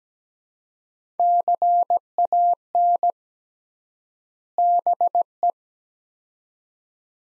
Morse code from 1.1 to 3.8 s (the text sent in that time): CAN